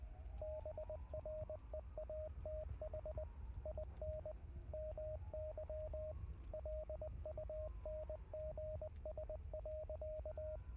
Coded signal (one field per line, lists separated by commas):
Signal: Morse code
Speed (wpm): 19 wpm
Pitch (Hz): 620 Hz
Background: radio noise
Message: BREATH IN MY LUNGS.